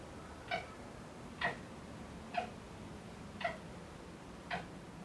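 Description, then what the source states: Red fox giving short, sharp calls, about one each second, five in all, over a quiet hiss. Chattering vocalisation.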